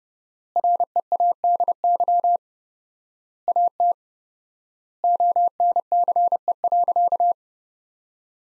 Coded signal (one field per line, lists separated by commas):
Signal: Morse code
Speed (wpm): 28 wpm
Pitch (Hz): 700 Hz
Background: none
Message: READY AT ONCE.